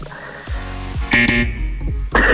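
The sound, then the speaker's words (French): Loud, harsh quiz buzzer blasts, several buzzy horn-like tones sounding one after another with a bright burst in the middle and another at the end, no speech over them. “Il faut buzzer.”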